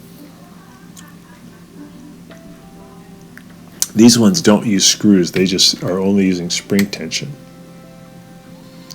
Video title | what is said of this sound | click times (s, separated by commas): ✨ WHIRLPOOL WASHER STOPS SPINNING MID-CYCLE - Easy DIY FIX ✨ | And then I'm going to push up underneath until it clicks into position. | 3.8 s